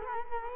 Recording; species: mosquito wingbeat signal from an infrared sensor; Culex quinquefasciatus